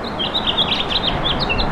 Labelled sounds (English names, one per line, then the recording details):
House Finch song
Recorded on Long Island, New York, on 17 May 2012
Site AB
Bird B